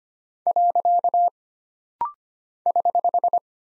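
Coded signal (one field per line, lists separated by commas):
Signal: Morse code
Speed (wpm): 25 wpm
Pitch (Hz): 700 Hz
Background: none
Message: . <HH>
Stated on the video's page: Rapid-fire 25 wpm drill of single punctuation and prosign characters, each sent in Morse, spoken, then sent again.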